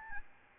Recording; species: mosquito wingbeat signal from an infrared sensor; Aedes albopictus